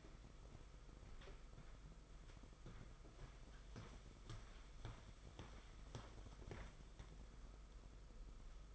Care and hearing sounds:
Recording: daily activity, microphone in the room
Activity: walk to room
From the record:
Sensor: 5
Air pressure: 991.3 hPa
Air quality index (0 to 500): 94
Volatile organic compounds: 12 ppm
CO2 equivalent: 2377 ppm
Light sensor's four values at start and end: 36/118/44/47 and 32/100/39/42

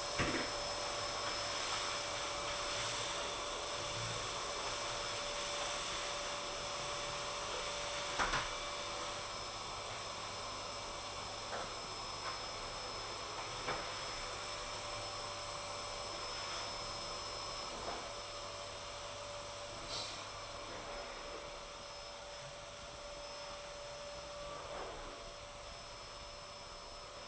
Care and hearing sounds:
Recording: daily activity, microphone in the room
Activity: vacuum cleaning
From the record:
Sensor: 5

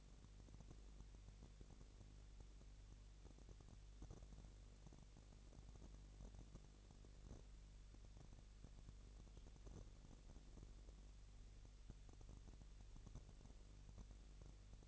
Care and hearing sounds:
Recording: daily activity, microphone in the room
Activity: no activity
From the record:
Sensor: 4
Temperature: 22.5 degrees Celsius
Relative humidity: 33.4%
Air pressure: 999.6 hPa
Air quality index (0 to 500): 230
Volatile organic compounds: 20 ppm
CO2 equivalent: 2702 ppm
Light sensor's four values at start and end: 2/3/1/1 and 2/3/1/1

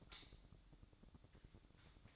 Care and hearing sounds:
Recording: daily activity, microphone in the room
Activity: light off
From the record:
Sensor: 3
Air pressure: 1007.9 hPa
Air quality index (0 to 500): 109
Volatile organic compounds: 1 ppm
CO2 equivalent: 908 ppm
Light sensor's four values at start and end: 10/25/10/10 and 10/25/10/10

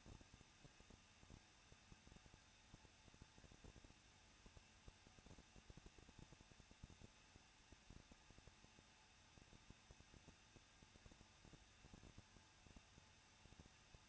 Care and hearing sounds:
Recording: daily activity, microphone in the room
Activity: no activity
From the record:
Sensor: 2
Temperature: 21.0 degrees Celsius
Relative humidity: 37.4%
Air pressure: 1006.2 hPa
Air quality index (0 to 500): 222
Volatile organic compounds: 24 ppm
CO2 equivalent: 2816 ppm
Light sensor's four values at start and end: 2/3/2/2 and 2/3/2/2

